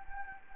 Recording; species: mosquito wingbeat signal from an infrared sensor; Anopheles gambiae